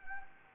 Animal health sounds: mosquito wingbeat signal from an infrared sensor; Anopheles gambiae

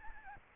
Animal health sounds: mosquito wingbeat signal from an infrared sensor; Aedes albopictus

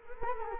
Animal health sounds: mosquito wingbeat signal from an infrared sensor; Culex quinquefasciatus

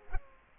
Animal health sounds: mosquito wingbeat signal from an infrared sensor; Culex quinquefasciatus

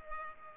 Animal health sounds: mosquito wingbeat signal from an infrared sensor; Culex pipiens

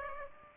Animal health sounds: mosquito wingbeat signal from an infrared sensor; Aedes aegypti

